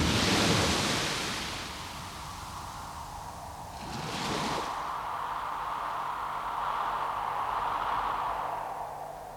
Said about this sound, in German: Das Meer.